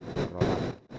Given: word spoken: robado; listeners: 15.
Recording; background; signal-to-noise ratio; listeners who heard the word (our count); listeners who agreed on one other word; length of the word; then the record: one Spanish word in noise, from a listening test; noise modulated by one talker; -9.9 dB; 0 of 15; 6 of 15; 0.59 s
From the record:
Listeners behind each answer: 6, 3, 2, 1, 1, 1, 1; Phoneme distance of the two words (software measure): 24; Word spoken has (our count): 3 syllables, 6 phonemes, stress on syllable 2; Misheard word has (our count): 2 syllables, 4 phonemes, stress on syllable 1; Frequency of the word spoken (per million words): 9.43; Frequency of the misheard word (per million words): 60.38